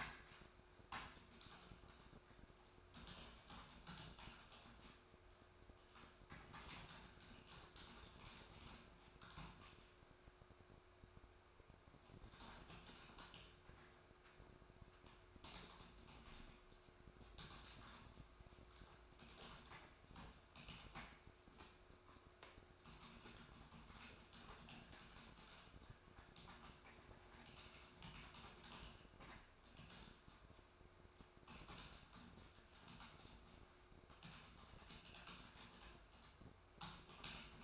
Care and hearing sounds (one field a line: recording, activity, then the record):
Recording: daily activity, microphone in the room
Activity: typing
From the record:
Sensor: 2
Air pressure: 1004.3 hPa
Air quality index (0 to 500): 188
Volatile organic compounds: 10 ppm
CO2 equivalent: 2250 ppm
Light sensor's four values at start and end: 4/11/4/4 and 4/11/4/4